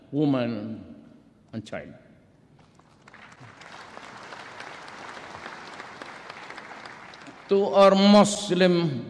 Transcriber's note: applause